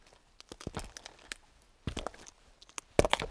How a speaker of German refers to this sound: Noch 20 Schritte. Geh schneller, Idiot. Noch 15 Schritte.